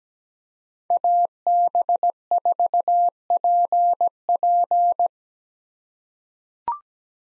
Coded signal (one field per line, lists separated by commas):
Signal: Morse code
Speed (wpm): 17 wpm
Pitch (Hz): 700 Hz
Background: none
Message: AB4PP